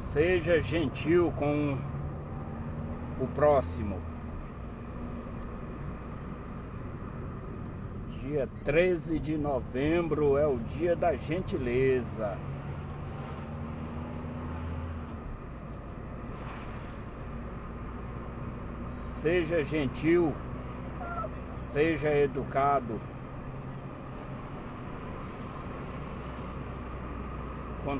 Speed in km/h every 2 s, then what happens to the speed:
28, 34, 35, 22, 21, 28, 33, 33, 35, 37, 37, 38, 37, 33.
0-8 slows to 21. 8-21 speeds up to 38.